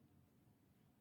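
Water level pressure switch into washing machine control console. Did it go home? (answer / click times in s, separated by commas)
no / none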